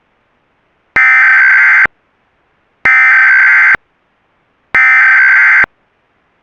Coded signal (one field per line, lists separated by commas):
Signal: Emergency Alert System (SAME) tones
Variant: header bursts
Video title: EAS Scenario #15 - Eclipse